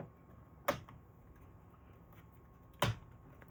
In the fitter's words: And it snaps right in.